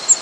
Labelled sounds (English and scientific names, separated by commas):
Cape May Warbler (Setophaga tigrina) flight call